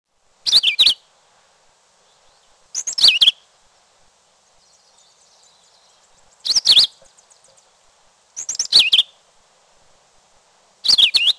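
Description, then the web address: Philadelphia vireo singing short, high, slurred phrases, five in all, separated by pauses of a few seconds. "Peterson North American Birds. phvi"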